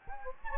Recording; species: mosquito wingbeat signal from an infrared sensor; Anopheles gambiae